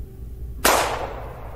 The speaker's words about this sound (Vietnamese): Hai phát súng vang trời nổ ra, lập tức hai người họ nằm bất động dưới đất. Mỗi người bị một viên đạn găm vào trong đầu, máu chảy ra lênh láng khắp nền.